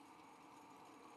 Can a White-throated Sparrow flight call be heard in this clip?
no